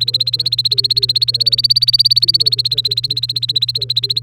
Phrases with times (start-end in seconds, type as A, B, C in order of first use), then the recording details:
0.00-4.22 A. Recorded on 30 April 2018 at 13:45. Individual llb3